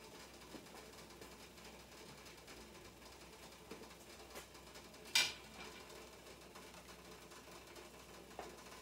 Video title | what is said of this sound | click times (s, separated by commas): Complete Making TWO TYPES of Pomegranate Jelly from Harvest of Fruit in the Home Garden Food Forest! | listen for the clicks because that one's about to do it | 5.2 s